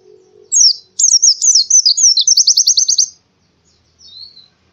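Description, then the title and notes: Canary singing a short high note, then a rapid run of varied chirps turning into a steady rattling trill, followed by silence and one soft high note. Canary song used as a master song for training birds. "Kicauan Kenari. Masteran Burung"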